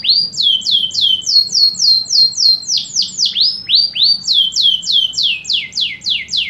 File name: Suara Burung Kenari Juara buat Masteran dan Pancingan